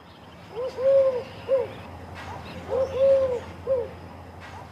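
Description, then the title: Eurasian collared dove cooing, two three-note phrases with a long middle note, over a faint steady hum. "Turkinkyyhky"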